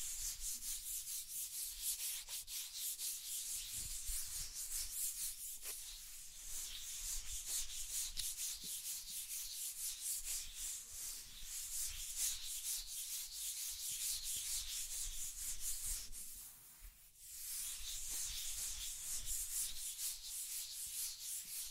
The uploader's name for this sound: Scratching and Tracing Sounds